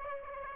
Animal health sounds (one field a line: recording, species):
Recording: mosquito wingbeat signal from an infrared sensor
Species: Aedes aegypti